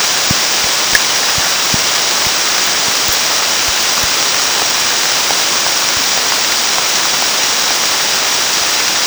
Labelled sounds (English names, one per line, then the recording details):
none
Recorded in dense forest near Puerto Asís, Putumayo, Colombia, on 19 June 2025 at 14:30
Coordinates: 0.466, -76.327
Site GP04